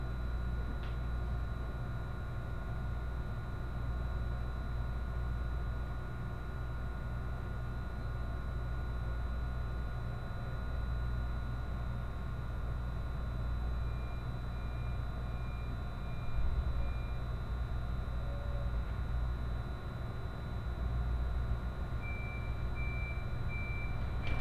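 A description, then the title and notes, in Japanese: A Senseki-Tohoku Line rapid train runs on with a steady low rumble and a thin, constant whine held over it. A faint row of short beeps comes in around the middle and returns more clearly near the end, while the rumble swells a little after sixteen seconds. 仙石東北ライン快速 高城町→仙台。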